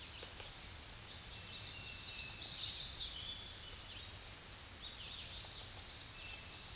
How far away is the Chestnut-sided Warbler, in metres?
about 30 m